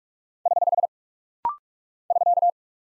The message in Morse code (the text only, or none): <HH> <SK>